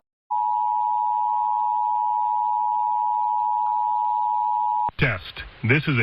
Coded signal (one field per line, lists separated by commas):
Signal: Emergency Alert System (SAME) tones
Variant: 853 and 960 Hz attention tone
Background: speech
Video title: PA Required Monthly Test (EAS #1292-1299) 9/21/23